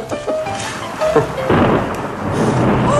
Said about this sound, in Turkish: Felaket bir yağmur. Çabuk içeri girelim.